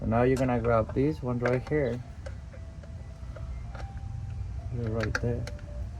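During a transmission fluid, filter and gasket replacement on a 2016 Toyota RV4 XLE, someone talks while the new transmission fluid filter is handled near the transmission valve body. Quiet taps and knocks come at about 2.3, 2.8, 3.4 and 3.8 seconds, and then the talking resumes. The filter has not seated or clicked into place yet.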